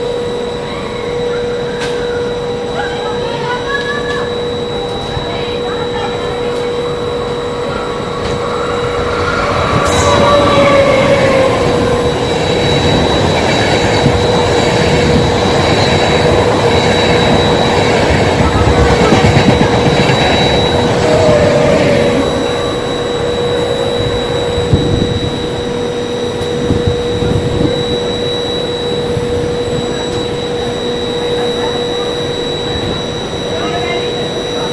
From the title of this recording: Railroad Ambiance